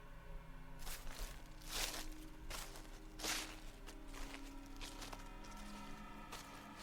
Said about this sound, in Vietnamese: Bất chợt Thắng khựng người, có âm thanh như là tiếng bước chân vọng tới từ phía sau.